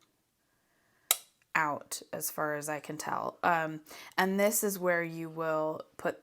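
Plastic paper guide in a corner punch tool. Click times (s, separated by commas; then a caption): 1.1 s. A plastic paper guide on a Crop-a-dile Corner Chomper corner punch tool is pulled out; it extends in detent steps and should go all the way out. A sharp click at 1.1 s marks the guide snapping into its extended position, and then someone talks.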